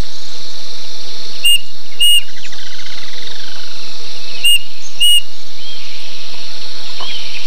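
Bird calls: two pairs of clear whistled notes, roughly three seconds between pairs, with a soft trilling phrase and a constant insect drone underneath.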